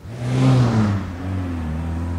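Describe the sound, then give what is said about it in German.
A car drives past in the dark with a low engine hum and a whooshing swell of road noise that peaks early, then settles into a steady, slightly lower drone as it moves on. “Als der Wagen vorbei war, hörte Tom schnelle, weiche Schritte hinter sich.”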